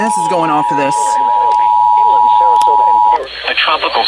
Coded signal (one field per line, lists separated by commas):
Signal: Emergency Alert System (SAME) tones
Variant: 853 and 960 Hz attention tone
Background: speech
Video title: EAS # 1081-1091: Potential Tropical Cyclone One... (EAS Alerts from 6/2-3/22)